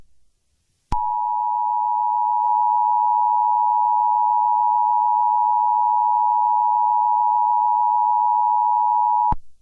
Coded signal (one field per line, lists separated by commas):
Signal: Emergency Alert System (SAME) tones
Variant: 853 and 960 Hz attention tone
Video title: EAS scenario the summer of death